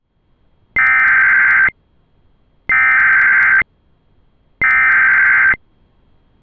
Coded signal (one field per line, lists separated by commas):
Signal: Emergency Alert System (SAME) tones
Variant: header bursts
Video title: 8/22/22 | Gratiot Co. Local Area Emergency for 911 Outage [EAS #764]